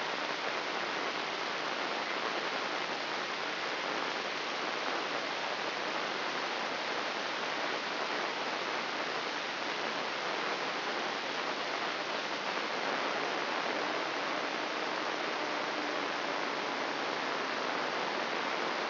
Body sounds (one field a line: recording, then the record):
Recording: brain microelectrode recording played as sound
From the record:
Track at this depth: inside the subthalamic nucleus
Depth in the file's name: 2.311 mm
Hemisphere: left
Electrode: 3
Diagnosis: Parkinson's disease